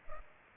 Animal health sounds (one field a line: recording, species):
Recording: mosquito wingbeat signal from an infrared sensor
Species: Culex pipiens